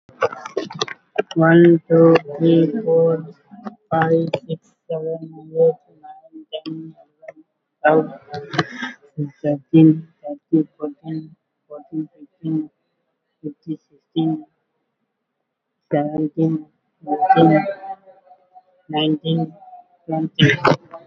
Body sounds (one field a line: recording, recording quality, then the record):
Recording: counting at a normal pace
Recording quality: moderate, slight background noise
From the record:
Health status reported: COVID-19 positive, mild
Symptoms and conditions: cough, cold, breathing difficulty, fever, fatigue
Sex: male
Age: 39 years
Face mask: not worn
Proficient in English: no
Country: India